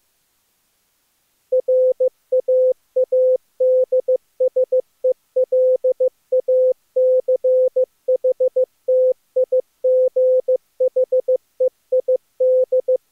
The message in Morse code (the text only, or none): RAADSELACHTIGHEID